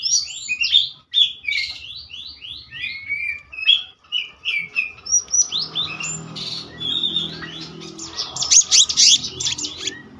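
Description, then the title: Selendang biru songbird pouring out rapid, sliding whistled notes, building into a dense chattering trill toward the end over a faint low hum. Song style called gacor ngeroll, a continuous rolling song, with isian phrases. "BURUNG SELENDANG BIRU GACOR NGEROLL ISIAN"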